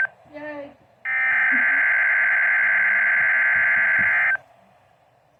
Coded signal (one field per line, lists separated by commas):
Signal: Emergency Alert System (SAME) tones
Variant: header bursts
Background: speech